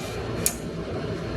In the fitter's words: and all of your guides snap into place you can actually hear it